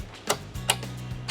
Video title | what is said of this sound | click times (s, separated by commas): Lone Peak Camper - Production Update 8/8 | and if you get two clicks if you don't have two clicks it probably means that your cable tension is a little bit too loose | 0.3 s, 0.7 s